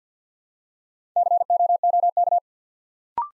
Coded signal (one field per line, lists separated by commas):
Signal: Morse code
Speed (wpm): 48 wpm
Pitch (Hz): 700 Hz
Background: none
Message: COOK